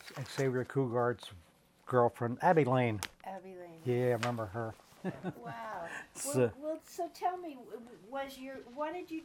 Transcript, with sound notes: Xavier Cugat's girlfriend. Abby Lane.
Abby Lane.
Yeah, I remember her. [chuckles]
Wow!
So —
Well — well, so tell me. Was your — what did you do?